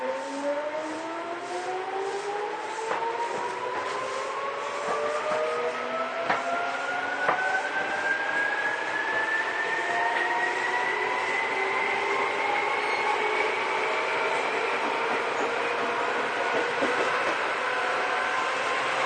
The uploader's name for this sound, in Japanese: 西武旧2000系 西武新宿〜本川越